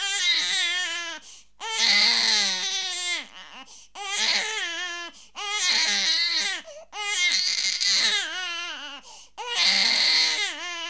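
An infant cries loudly in about six long, high-pitched wails over eleven seconds, each rising then falling, with short gasping pauses between them. This is intense, angry crying, with a slight small-room echo.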